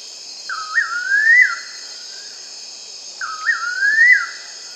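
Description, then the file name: Bird whistling two phrases, each a short dip then a long upward-sweeping slur, about three seconds apart, with a constant high hiss behind. "SABIOD 50 bird 2015"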